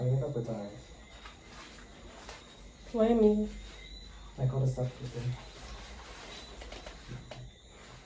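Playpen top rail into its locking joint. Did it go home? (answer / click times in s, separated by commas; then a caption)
no / none. Someone talks while pushing the top rail of a folding playpen/crib up into its locking joint during assembly. The rails do not click into place, and nothing has seated or clicked yet.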